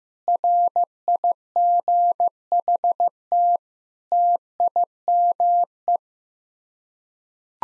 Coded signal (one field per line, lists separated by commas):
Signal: Morse code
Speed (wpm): 15 wpm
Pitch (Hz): 700 Hz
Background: none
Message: RIGHT TIME